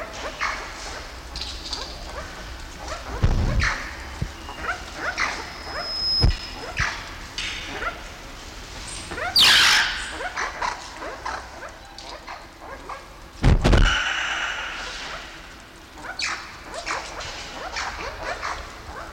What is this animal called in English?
Banded Mongoose